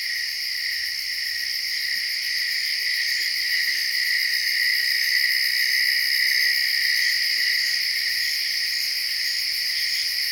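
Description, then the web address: Continuous cicada buzzing, high and layered, with rapid fine pulsing holding steady for the whole stretch. "Tom's Jerry Apps Winter. cicadas"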